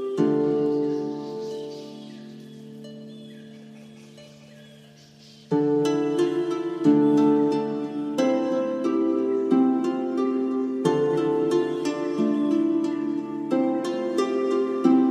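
Mystical Celtic music opens with a long sustained chord fading softly, then plucked notes enter at about five seconds, repeating in a steady, bright pattern.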